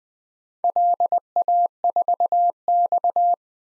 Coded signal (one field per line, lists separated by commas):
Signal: Morse code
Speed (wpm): 21 wpm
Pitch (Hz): 700 Hz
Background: none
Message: LA4X